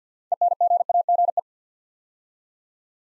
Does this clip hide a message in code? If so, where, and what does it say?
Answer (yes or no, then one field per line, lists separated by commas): yes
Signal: Morse code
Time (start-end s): 0.3-1.4 s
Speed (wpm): 50 wpm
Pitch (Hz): 700 Hz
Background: none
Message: ENGAGE